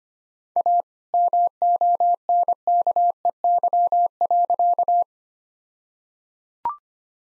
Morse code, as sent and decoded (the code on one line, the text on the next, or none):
.- / -- --- -. -.- . -.-- .-.-.-
A MONKEY.